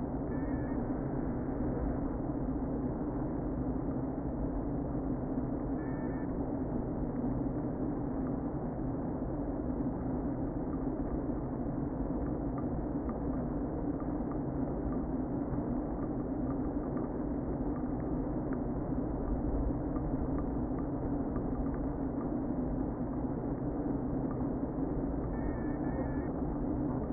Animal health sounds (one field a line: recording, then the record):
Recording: honeybee colony, microphone inside the hive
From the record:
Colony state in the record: queen present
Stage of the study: before two queens were removed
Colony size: about 60,000 bees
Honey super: yes